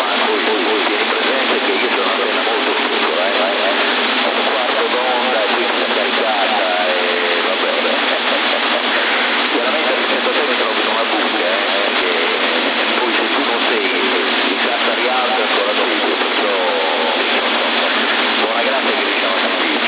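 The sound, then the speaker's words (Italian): Steady, loud CB radio static hisses without a break, with faint, muffled voice fragments from a transmission buried in the noise, recorded in Sassari in October 2021. The sound is thin and band-limited, lacking deep bass and bright treble. “ma se l'antenna non riesce a irradiare, perché è strano che la radio è bella pulita, chiara, c'è questo fruscio che ti tiri il segnale, è quasi 9, ti ripeto.”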